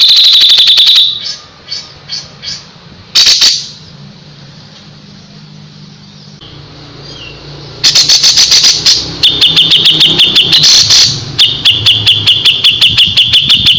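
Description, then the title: Grey-cheeked bulbul song: a short rapid trill, faint notes, a brief loud burst, several seconds of low hum, then a long series of fast, sharp, high notes. Masteran song used to train other birds. "MASTERAN CUCAK JENGGOT"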